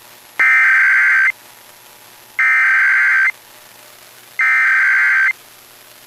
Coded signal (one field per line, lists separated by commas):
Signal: Emergency Alert System (SAME) tones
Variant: header bursts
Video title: National EAS Test Fail in Dallas/Fort Worth